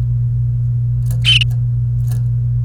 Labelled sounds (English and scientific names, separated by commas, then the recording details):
Domestic Canary (Serinus canaria) song
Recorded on 28 April 2018 at 10:11
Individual llb3